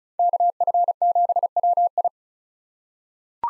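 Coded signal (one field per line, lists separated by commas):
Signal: Morse code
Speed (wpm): 36 wpm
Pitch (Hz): 700 Hz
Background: none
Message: KF7WI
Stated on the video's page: Head-copy drill of common 2023 SOTA chaser call signs at 35 wpm; each call is sent in Morse, spoken, then sent again.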